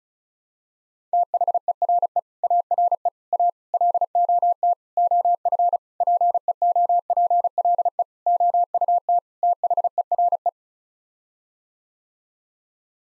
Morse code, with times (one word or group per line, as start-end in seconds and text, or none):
1.1-2.2 THERE
2.4-3.1 ARE
3.3-3.5 A
3.7-4.7 LOT
5.0-5.8 OF
6.0-8.0 PEOPLE
8.3-9.2 OUT
9.4-10.5 THERE